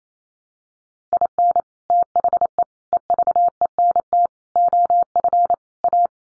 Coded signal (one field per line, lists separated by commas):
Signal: Morse code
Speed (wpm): 28 wpm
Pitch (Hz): 700 Hz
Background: none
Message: IN THE EVENT OF A